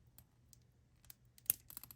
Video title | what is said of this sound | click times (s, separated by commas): Leathercraft - Handmade Leather Watch Strap for Apple Watch Ultra | Buckle and you see here click sound | 1.5 s